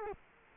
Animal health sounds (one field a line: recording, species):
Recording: mosquito wingbeat signal from an infrared sensor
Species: Culex quinquefasciatus